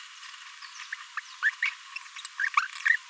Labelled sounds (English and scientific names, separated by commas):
Green-rumped Parrotlet (Forpus passerinus) babbling